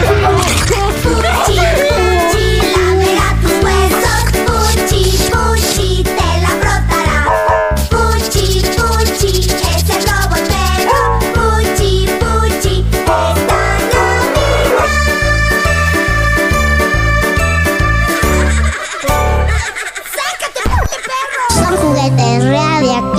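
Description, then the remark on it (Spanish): A bouncy advertising jingle for Fuchi, a toy robot dog, with a steady pounding beat, bright layered melody and childlike vocal sounds, staying loud throughout before a brief stuttering break near the end. “Oye, pues a mí me ha gustado sobre todo la sintonía, ¿no?”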